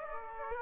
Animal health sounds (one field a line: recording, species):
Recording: mosquito wingbeat signal from an infrared sensor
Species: Aedes aegypti